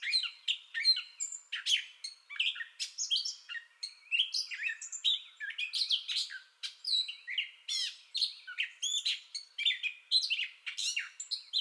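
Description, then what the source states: Gray catbird delivering a loud, hurried jumble of squeaky, harsh and clear whistled phrases, each brief and different from the last. Entire song bout recorded 2021-05-30.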